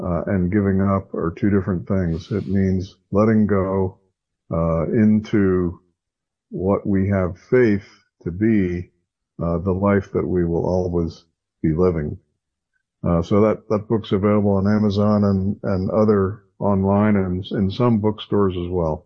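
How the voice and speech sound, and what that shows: A low-pitched adult man speaks fluently at a calm pace with natural pauses; typical speech.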